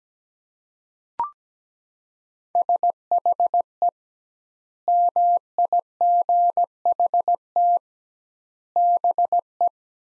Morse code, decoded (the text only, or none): SHE MIGHT BE